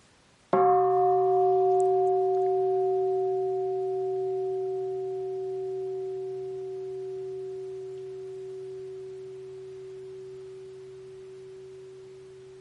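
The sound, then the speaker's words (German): A single meditation bell is struck once and left to ring, its warm, low tone humming steadily and fading very slowly over about twelve seconds, with no voices. “Ich werde auf jeden Fall einmal die Glocke einladen.”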